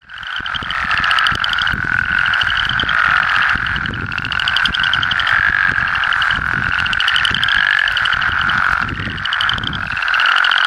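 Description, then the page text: Plains spadefoot chorus, many overlapping short pulsed nasal croaks at a steady mid pitch, running continuously with no gaps, over low rumbling thumps. Arkansas. "Herps of Arkansas: Plains Spadefoot (Spea bombifrons)"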